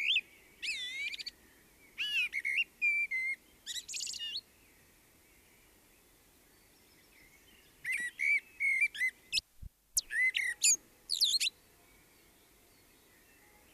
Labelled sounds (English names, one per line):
Common Blackbird song